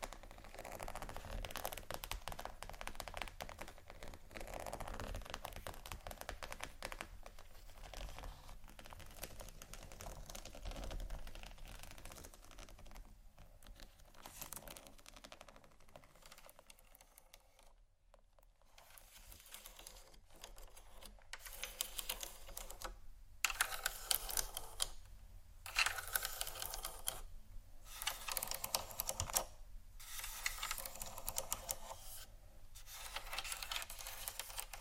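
Scratching sounds, dense and crackly, fill the first half with a fine, bright rasp over a low steady hum. Around 18 seconds the scratching thins out briefly, then returns as sharper, louder strokes in short bursts separated by brief pauses.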